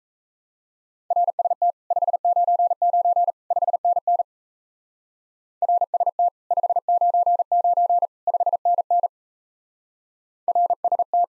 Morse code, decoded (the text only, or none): RST 599 5NN RST 599 5NN RST